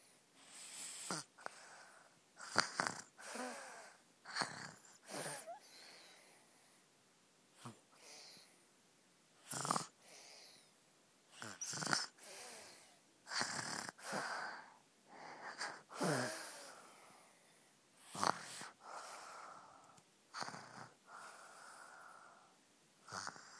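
Irregular noisy, raspy breath sounds and snorts recur every one to three seconds as an adult snores in sleep at 3 a.m.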